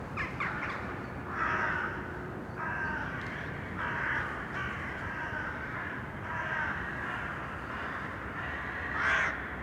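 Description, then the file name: Crow caws, harsh and hoarse, given singly at intervals over steady background noise. Urban crows. "Detunized - Urban Crows"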